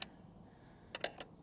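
A quick-release bicycle pedal is pushed into the metal crank arm of an e-trike. Small sharp clicks are heard: a faint tick near 0.0 s, then a cluster of short clicks around 0.9 to 1.2 s. The loudest click is at 1.0 s as the pedal snaps into place and seats in the crank.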